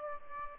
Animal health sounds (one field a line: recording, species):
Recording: mosquito wingbeat signal from an infrared sensor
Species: Aedes aegypti